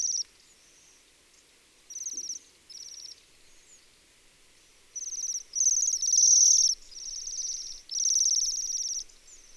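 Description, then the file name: Bohemian waxwing calls: high sibilant trills in short bursts, sparse at first, then a dense run of trills. "Sidensvans"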